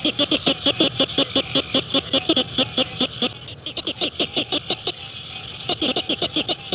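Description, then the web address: Tree frog calling in fast trains of sharp pulses, about seven a second, with brief pauses between bursts. "frogs Family Hylidae"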